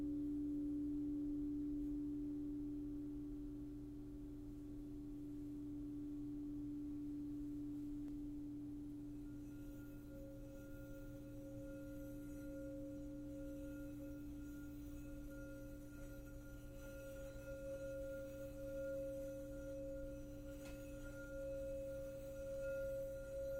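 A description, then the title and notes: A crystal singing bowl rings with a steady, pure, humming tone around the low-middle range, sustained for the whole stretch without a break. Around nine seconds a higher overtone joins and keeps singing above it, with a faint low hum underneath throughout. Crystal singing bowl clips.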